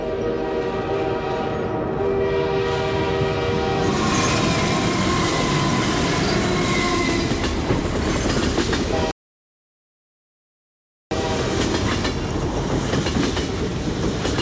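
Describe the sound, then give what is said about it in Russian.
A train pulls into a station platform at night with a loud, steady rumble and rattling wheels, while high sustained tones, like a horn or squealing brakes, ring over it early on. The sound cuts out for two seconds. “Поезд появился из темноты, предваряемый потоком белого электрического света.”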